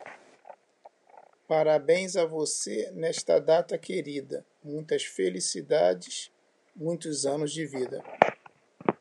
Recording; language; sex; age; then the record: short text; Brazilian Portuguese; male; 50 to 59 years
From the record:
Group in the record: control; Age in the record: 51 years